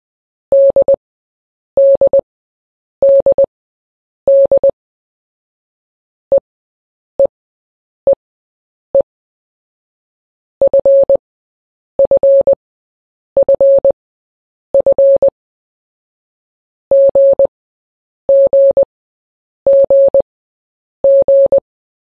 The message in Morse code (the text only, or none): DDDD EEEE FFFF GGGG